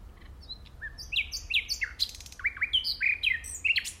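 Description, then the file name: Common nightingale singing a varied phrase of clear slurred whistles, some rising and some falling, strung together with brief harsh clicks. "Luscinia megarhynchos"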